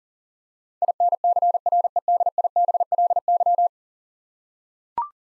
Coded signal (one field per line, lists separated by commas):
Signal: Morse code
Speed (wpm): 40 wpm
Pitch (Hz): 700 Hz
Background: none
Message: INCREDIBLY